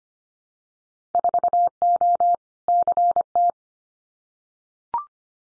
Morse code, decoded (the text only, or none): 4O CT